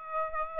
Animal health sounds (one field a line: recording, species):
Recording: mosquito wingbeat signal from an infrared sensor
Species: Aedes aegypti